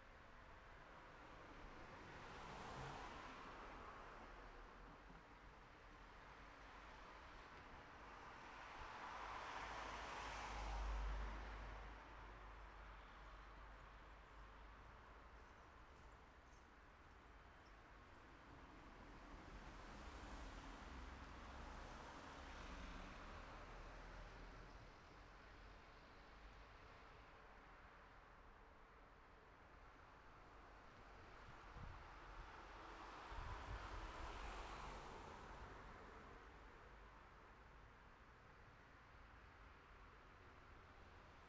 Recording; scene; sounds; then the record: everyday scene through a hearing-aid microphone; in traffic; traffic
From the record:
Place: city secondary road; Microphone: behind the ear, left, rear